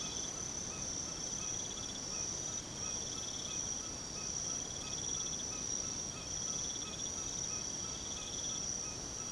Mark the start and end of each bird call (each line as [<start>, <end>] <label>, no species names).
[0.69, 9.32] bird call